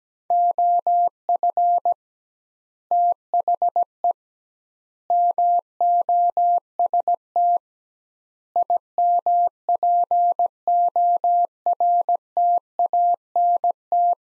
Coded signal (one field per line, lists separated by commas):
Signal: Morse code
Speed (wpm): 17 wpm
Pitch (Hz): 700 Hz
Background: none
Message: OF THE MOST IMPORTANT